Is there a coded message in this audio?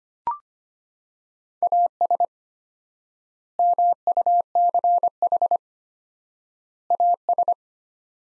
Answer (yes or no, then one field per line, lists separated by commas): yes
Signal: Morse code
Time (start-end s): 1.6-7.5 s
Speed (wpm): 25 wpm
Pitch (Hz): 700 Hz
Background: none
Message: AS MUCH AS